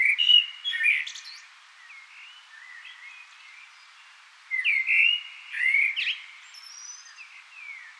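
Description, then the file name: Common blackbird singing fluty warbled phrases with squeaky high endings, one burst at the start and another after a few quiet seconds. "Turdus merula"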